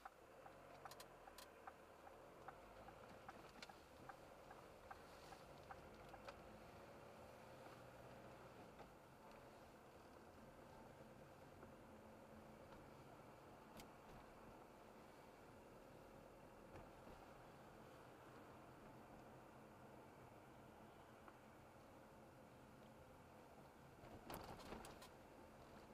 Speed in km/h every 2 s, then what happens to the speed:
0, 14, 19, 26, 27, 28, 30, 30, 31, 31, 31, 28, 29.
0-6 pulls away to 26. 6-26 steady at about 29.